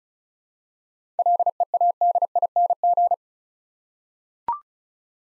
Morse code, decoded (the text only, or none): LEADING